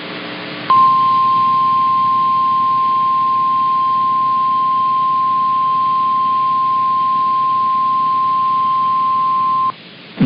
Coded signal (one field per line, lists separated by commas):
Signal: Emergency Alert System (SAME) tones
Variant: 1050 Hz attention tone